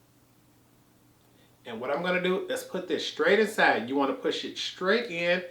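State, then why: Not seated. A lipstick component is held and lined up with its outer case, ready to be pushed straight in. Someone talks throughout, beginning at about 1.6 s after a quiet stretch. Nothing has been pushed in or clicked into place yet.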